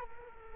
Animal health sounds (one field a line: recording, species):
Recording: mosquito wingbeat signal from an infrared sensor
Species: Culex quinquefasciatus